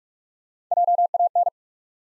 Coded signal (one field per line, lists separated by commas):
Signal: Morse code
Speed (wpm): 43 wpm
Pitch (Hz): 700 Hz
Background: none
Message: JAN